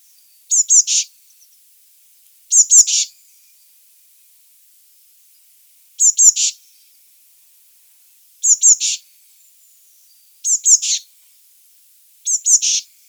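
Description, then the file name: Eurasian blue tit repeating a short phrase of two or three sharp high notes plus a buzzy note, six times. "Cyanistes caeruleus"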